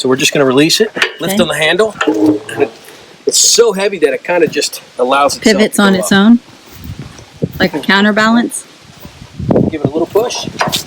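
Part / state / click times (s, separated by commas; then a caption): locking pin on a log splitter beam going into the frame / seated / 9.5 s. Someone talks while a heavy log splitter beam is released with a black knob, lifted by its handle, pivoted up to vertical on its own like a counterbalance, and given a little push. A sharp click at 9.5 s is the spring locking pin dropping into the frame, and the beam is locked in place.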